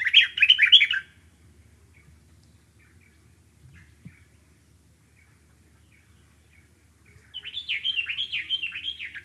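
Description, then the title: Dark-capped bulbul chattering call: a harsh, rapid burst of scratchy notes lasting about a second, quiet pause, then a second longer chattering run near the end. Recorded in the Okavango. "intotheokavango dark capped bulbul"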